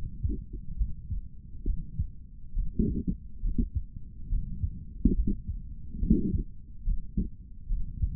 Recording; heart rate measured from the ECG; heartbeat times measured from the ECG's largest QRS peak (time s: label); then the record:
heart sounds by stethoscope; 69 bpm
0.77 s: heartbeat
1.64 s: heartbeat
2.53 s: heartbeat
3.41 s: heartbeat
4.29 s: heartbeat
5.15 s: heartbeat
5.99 s: heartbeat
6.84 s: heartbeat
7.68 s: heartbeat
From the record:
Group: healthy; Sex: male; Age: 55 years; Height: 167 cm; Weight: 57.2 kg